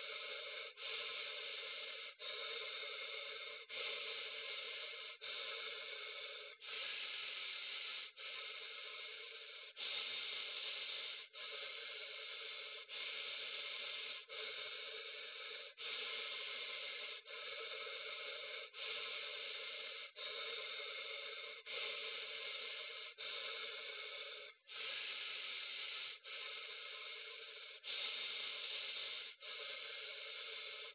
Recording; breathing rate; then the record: paced breathing near a phone; 20 breaths a minute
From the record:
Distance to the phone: 20 cm